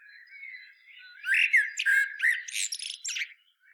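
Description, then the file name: Common blackbird song phrase: soft low warbling builds into louder fluted notes, then finishes with a burst of squeaky, high-pitched twittering. "Turdus merula"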